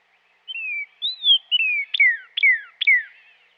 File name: dan-gibsons-solitudes northern-cardinal